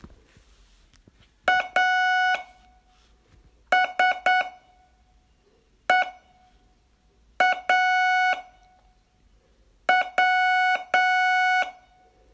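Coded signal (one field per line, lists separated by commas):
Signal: Morse code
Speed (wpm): 7 wpm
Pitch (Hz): 740 Hz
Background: none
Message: A S E A W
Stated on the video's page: Day 18 of a 42-day Morse training course.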